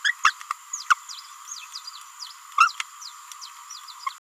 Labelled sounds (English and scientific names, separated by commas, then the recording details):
Green-rumped Parrotlet (Forpus passerinus) babbling
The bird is a male
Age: 24 days
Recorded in a nest box in Venezuela
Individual 17B31A1